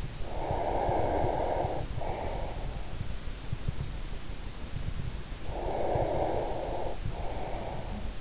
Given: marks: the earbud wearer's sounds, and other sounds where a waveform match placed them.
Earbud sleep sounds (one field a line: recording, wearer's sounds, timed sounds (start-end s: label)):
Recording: sounds in sleep by an in-ear microphone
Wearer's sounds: breath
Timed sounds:
0.20-2.99 s: breath
5.35-8.21 s: breath